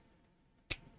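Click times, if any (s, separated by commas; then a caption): 0.7 s. A small plastic LEGO grabber piece is pressed onto the top of an assembly and clicks on at 0.7 s with a single short, sharp click, after which it is seated. The rest of the clip is quiet background.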